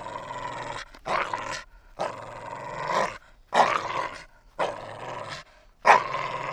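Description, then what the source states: A dog makes drawn-out, raspy growling moans, about six bursts each lasting around a second, with brief silences between them. Growly "talking" vocalisation of a dog.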